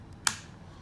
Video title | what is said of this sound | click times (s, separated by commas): Mavic 2 Mod Video | you'll hear clicks obviously and | 0.3 s